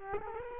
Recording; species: mosquito wingbeat signal from an infrared sensor; Culex quinquefasciatus